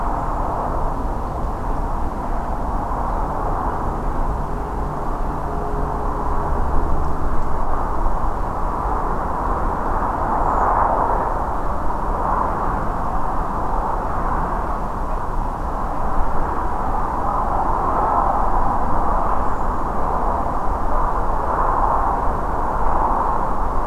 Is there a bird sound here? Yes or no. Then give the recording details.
yes. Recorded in France